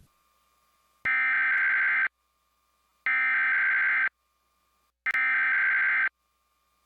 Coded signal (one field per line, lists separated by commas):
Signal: Emergency Alert System (SAME) tones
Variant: header bursts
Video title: KGW News Channel 8 (NBC) Emergency Alert System Test